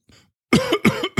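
Three quick, loud, voiced cough bursts in about a second from an adult man choking on liquid after sipping a hot beverage.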